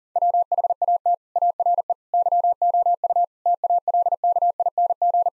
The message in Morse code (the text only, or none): WHAT ARE YOU TALKING